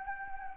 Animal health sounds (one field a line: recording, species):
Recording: mosquito wingbeat signal from an infrared sensor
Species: Anopheles gambiae